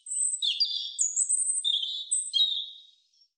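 European robin song in one continuous phrase of high, sweet warbling, with thin notes sliding up and down and quick twittering runs.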